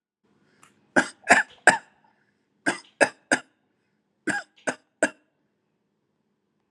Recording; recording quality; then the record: shallow voluntary cough; excellent, no background noise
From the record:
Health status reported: healthy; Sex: male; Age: 43 years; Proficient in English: yes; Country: India